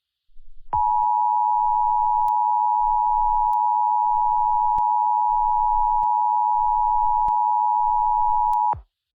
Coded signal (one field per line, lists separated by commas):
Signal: Emergency Alert System (SAME) tones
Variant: 853 and 960 Hz attention tone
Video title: EAS Mock - Tsunami in Alaska